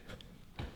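A wiring harness plug is pushed onto the throttle/MAP sensor on the air intake of a Corvette C7 Stingray after a K&N air filter upgrade install. A faint tick is heard near 0.2 s, then a short, louder click at 0.6 s as the connector seats.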